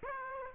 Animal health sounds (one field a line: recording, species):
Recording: mosquito wingbeat signal from an infrared sensor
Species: Aedes aegypti